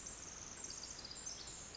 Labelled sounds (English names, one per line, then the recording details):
Pacific Wren
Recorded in Sonoma County, California